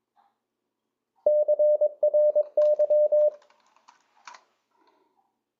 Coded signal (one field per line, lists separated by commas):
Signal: Morse code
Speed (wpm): 22 wpm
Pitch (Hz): 600 Hz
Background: none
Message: CRY